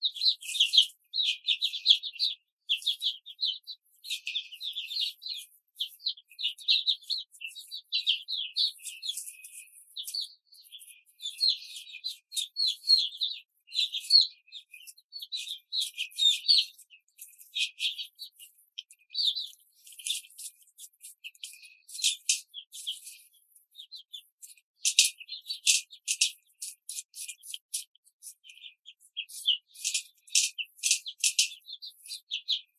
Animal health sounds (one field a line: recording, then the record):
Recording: young laying hens in a cage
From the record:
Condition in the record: control cage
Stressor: none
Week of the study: 5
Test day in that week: 1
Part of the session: 3